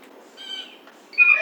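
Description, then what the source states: Blue jay calls: a faint, clear harmonic note, then after a short pause a louder, harsher call that runs to the end. Recorded on 29 July 2009.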